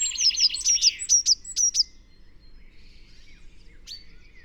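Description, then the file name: Eurasian blue tit calls: a soft rapid trill running into several loud, sharp high peeps, then quiet with one final short note. "Cyanistes caeruleus"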